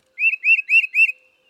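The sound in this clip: Tufted Titmouse song: four clear whistled phrases in quick succession, each slurring up then down.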